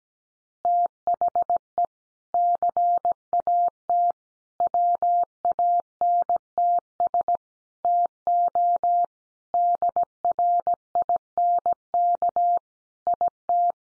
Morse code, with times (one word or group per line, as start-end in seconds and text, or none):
0.7-1.9 THE
2.3-4.1 CAT
4.6-7.4 WANTS
7.8-9.0 TO
9.5-12.6 DRINK
13.1-13.7 IT